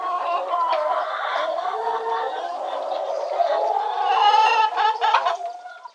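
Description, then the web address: Chickens clucking together: a dense, continuous chorus of overlapping nasal clucks and cackles that swells louder near the end, then fades. A chorus of several chickens in a hen house. "SFXSource AOS Chickens Hen House Chorus"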